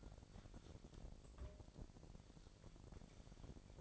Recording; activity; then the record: daily activity, microphone in the room; take from stove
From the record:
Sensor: 5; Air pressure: 1012.2 hPa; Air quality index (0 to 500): 237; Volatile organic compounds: 4 ppm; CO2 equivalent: 1575 ppm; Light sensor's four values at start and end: 51/116/49/53 and 51/115/49/53